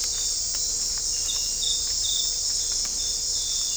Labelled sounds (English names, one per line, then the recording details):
none
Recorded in dense forest near Puerto Asís, Putumayo, Colombia, on 20 December 2024 at 00:30
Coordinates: 0.499, -76.324
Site G045